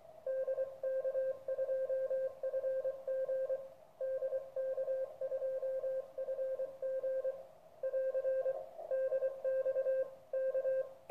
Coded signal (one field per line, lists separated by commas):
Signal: Morse code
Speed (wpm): 24 wpm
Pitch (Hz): 530 Hz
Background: radio noise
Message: DK2FG DK2FG <AR> DX K